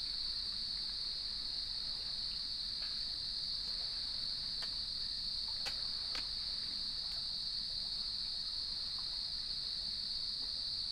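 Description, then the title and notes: Crickets trilling together in one constant high buzz, with a few sharp brief clicks midway. Evening chorus at sunset on the beach of Lighthouse West Natural Area, Leelanau Peninsula, beside gnarled cedar trees, with waves in the background. "Sounds of Leelanau Peninsula: Lighthouse West Natural Area. As I approached the beach, the sun was just setting, and the crickets made themselves known. Nature is my Jam"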